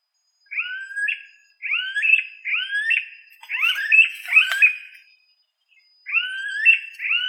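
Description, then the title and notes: Yellow-headed caracara giving a series of screechy rising whines, several in quick succession with a brief noisy burst in the middle, over a faint steady high tone. "Carrapateiro Yellow-headed Caracara (Milvago chimachima)"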